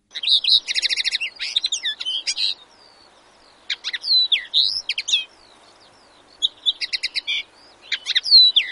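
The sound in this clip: Common linnet song: rapid twittering phrases of trilled, buzzy and slurred whistled notes, delivered in bursts separated by short pauses.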